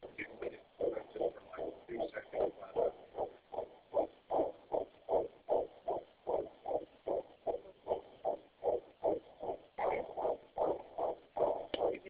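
Rapid, regular whooshing pulses, about 150 a minute, in a steady galloping rhythm: a fetal heartbeat picked up by Doppler ultrasound, at a rate in the usual fetal range.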